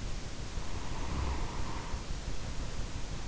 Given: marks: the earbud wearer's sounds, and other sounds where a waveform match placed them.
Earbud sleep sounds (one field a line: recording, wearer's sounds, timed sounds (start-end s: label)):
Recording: sounds in sleep by an in-ear microphone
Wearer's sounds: snoring breath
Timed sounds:
0.00-3.24 s: snoring breath